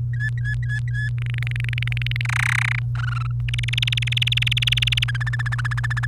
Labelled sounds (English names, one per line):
Domestic Canary song